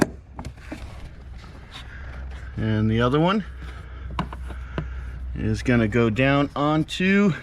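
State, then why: Seated. The long hose from the back of a JLT 3.0 oil separator (3042P), installed on a 2017-2020 Ford F-250 6.2L/7.3L, is pushed down onto the engine's PCV valve fitting, and its quick-connect snaps on with a sharp click at 0.0 s, so the hose is seated. Someone then talks over a low steady hum, with a few more faint knocks in between.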